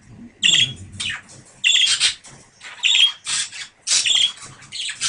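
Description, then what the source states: Budgerigar calls, loud grating squawks alternating with thin chirps in an irregular, busy run of notes. A pair of budgerigars.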